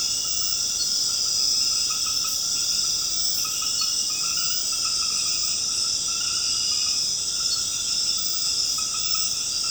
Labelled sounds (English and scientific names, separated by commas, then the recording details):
none
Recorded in secondary vegetation near Puerto Asís, Putumayo, Colombia, on 8 March 2025 at 23:00
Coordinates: 0.485, -76.322
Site G040